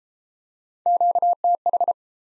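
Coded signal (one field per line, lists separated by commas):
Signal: Morse code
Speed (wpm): 29 wpm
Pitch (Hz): 700 Hz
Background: none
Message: QTH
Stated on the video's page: Morse practice set in speed-racing format, starting fast and slowing to a 22 wpm base speed, with the top speed 1.5 times the base and a final repeat at maximum speed.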